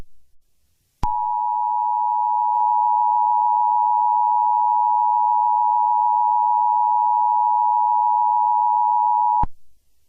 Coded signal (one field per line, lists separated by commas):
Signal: Emergency Alert System (SAME) tones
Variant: 853 and 960 Hz attention tone